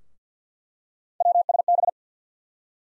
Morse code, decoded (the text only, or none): WSB